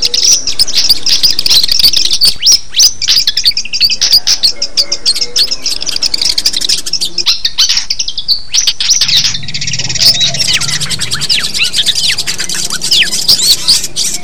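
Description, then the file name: Long-tailed shrike song: continuous rapid high twittering and scratchy chatter with frequent sweeping notes, barely pausing, plus a low hum in the background later. Simulated songbird contest recording. "audio simulasi lomba cendet. omkicau"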